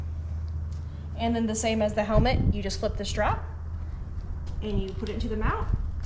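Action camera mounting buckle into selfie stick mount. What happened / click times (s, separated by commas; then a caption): Handled, not yet home: a plastic camera buckle is guided toward its mount without seating / none. An action camera's mounting buckle is being fitted toward the plastic mount on a selfie stick by flipping its strap, while someone talks over a steady low hum with a few light handling sounds. Nothing has seated or clicked yet when the clip ends.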